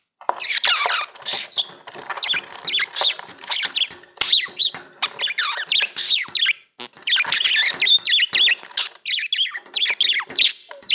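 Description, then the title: Budgerigar in steady loud warbling, a continuous stream of twittering, buzzy and whistled notes with barely any pause. "Budgie Sounds"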